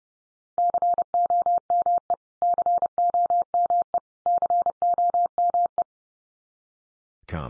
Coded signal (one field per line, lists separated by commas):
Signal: Morse code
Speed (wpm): 30 wpm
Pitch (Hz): 700 Hz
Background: none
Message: COME COME COME